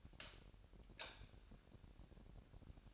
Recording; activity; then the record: daily activity, microphone in the room; light off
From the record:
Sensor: 2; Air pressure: 1011.8 hPa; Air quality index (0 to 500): 213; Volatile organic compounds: 3 ppm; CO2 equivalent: 1499 ppm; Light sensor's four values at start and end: 15/40/17/17 and 10/24/10/11